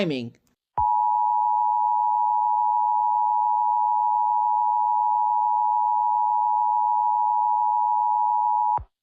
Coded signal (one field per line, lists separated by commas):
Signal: Emergency Alert System (SAME) tones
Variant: 853 and 960 Hz attention tone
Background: speech